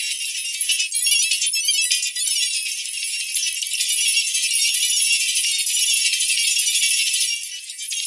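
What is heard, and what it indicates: A steady, bright hiss with a shimmering, jingling texture sits only in the high pitches, above about 2 kHz, with no low sound at all, fading slightly near the end. It is a synthetic tinnitus masker sound of the distractor type, meant to cover ringing in the ears.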